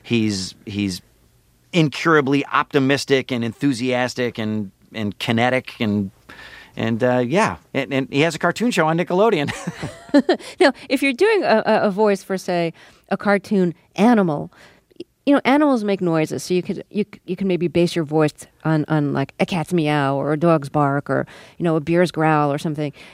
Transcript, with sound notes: He's incurably optimistic and enthusiastic and kinetic. And yeah, and he has a cartoon show on Nickelodeon.
(LAUGHTER)
Now, if you're doing a voice for, say, a cartoon animal, you know, animals make noises, so you can maybe base your voice on, like, a cat's meow or a dog's bark or, you know, a bear's growl or something.